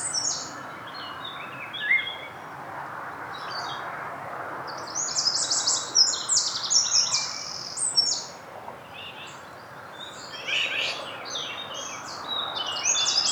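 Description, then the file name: Eurasian wren singing in several short bursts of sharp, high, rapid notes and trills, separated by brief pauses, over a steady soft background hiss. "Troglodytes troglodytes"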